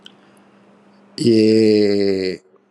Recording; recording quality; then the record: sustained vowel as in made; excellent, no background noise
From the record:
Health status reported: healthy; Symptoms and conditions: hypertension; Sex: male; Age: 49 years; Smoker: yes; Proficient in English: yes